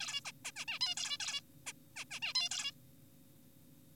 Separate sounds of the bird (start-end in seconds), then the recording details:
0.00-0.21, 0.25-0.32, 0.45-0.51, 0.56-0.65, 0.68-0.79, 0.81-0.95, 0.97-1.17, 1.20-1.41, 1.67-1.73, 1.96-2.05, 2.11-2.20, 2.22-2.33, 2.35-2.49, 2.51-2.71. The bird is an adult. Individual g4p5U